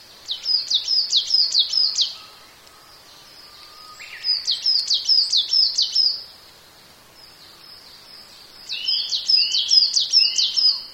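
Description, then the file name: Japanese tit song: three bursts of sharp, high two-note phrases repeated several times, separated by quiet pauses of a few seconds. "shijukara"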